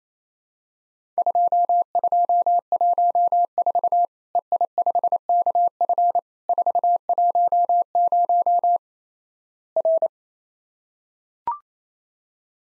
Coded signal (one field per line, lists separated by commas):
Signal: Morse code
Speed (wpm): 28 wpm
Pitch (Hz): 700 Hz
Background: none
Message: 2214 EI5KF 410 R